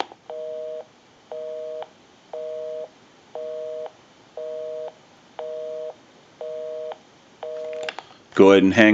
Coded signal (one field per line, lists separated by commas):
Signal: telephone call progress tone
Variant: North America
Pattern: busy tone